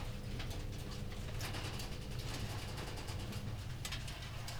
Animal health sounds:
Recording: poultry house recording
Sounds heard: no chicken sound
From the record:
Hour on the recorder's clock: 19

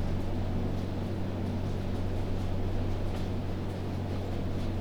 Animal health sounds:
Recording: poultry house recording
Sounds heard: no chicken sound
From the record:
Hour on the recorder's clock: 2

